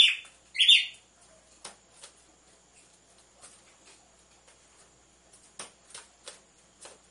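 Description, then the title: Red-cowled cardinal giving two quick harsh chirped phrases at the start, then only scattered soft clicks and ticks. Female song, used to warm up males; with the beat of two males. "Canto Galo Campina Fêmea 01. ESQUENTE GALO DE CAMPINA COM BATIDA DE DOIS MACHOS"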